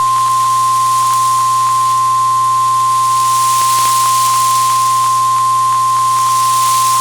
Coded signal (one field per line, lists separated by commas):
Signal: Emergency Alert System (SAME) tones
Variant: 1050 Hz attention tone